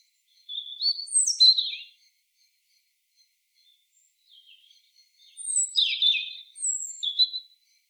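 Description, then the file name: European robin song: two bursts of high, jumbled twittering and thin whistles, a soft twitter between them. "Erithacus rubecula"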